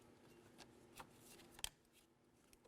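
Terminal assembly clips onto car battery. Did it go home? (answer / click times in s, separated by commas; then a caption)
yes / 1.6 s. The plastic clips of the positive terminal assembly are lined up on the battery case of a 2018-2024 Chevrolet Equinox car battery and clamped down. After faint handling noise and a small tick at 1.0 s, a sharp click at 1.6 s marks the clips seating onto the battery, followed by a faint tick near 2.5 s.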